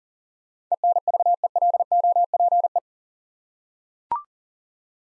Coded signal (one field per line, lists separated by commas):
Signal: Morse code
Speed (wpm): 38 wpm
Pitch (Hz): 700 Hz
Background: none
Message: ENVELOPE